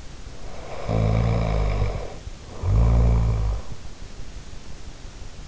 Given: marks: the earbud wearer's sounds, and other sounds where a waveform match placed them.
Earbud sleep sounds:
sounds in sleep by an in-ear microphone; snoring breath
0.53-3.81 s: snoring breath

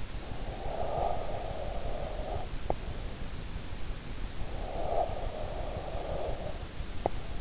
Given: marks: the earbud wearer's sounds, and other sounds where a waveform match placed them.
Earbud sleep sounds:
sounds in sleep by an in-ear microphone; breath
0.29-3.13 s: breath
4.36-7.41 s: breath

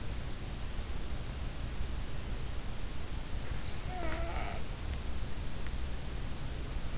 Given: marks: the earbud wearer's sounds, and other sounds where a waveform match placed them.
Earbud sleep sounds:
sounds in sleep by an in-ear microphone; snoring breath
3.78-4.76 s: snoring breath

